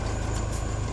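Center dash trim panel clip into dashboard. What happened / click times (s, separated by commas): The dash panel clip is handled but has not seated yet / none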